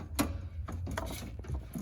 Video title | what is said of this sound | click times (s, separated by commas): 2024 WILDWOOD 28DBUD STK# 13774 | and once it clicks in and locks in you're locked into place | 0.2 s